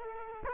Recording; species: mosquito wingbeat signal from an infrared sensor; Culex quinquefasciatus